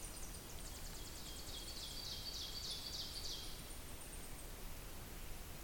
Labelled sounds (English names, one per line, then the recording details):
Ovenbird song
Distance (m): 95 m
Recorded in boreal forest in Alberta, Canada, on 2 June 2016 at 07:01
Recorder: SongMeter 3, array SBT-3-7
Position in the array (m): 215 m, 171 m
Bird 8